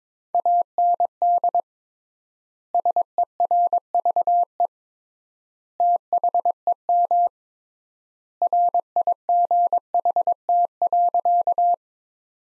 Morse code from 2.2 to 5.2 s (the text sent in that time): SERVE